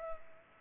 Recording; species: mosquito wingbeat signal from an infrared sensor; Culex pipiens